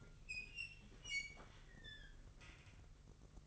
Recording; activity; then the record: daily activity, microphone in the room; open fridge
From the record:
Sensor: 4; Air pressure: 1008.5 hPa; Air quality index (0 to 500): 74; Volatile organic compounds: 1 ppm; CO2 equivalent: 631 ppm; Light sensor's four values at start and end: 14/32/13/13 and 13/29/12/13